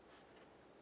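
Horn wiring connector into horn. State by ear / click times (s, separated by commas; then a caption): not seated / none. A horn wiring connector is being handled and plugged onto the horn during reassembly of a 2012-2017 Toyota Camry while replacing the radiator. Only a steady low background hiss is heard, with no distinct impacts. Nothing has seated or clicked yet.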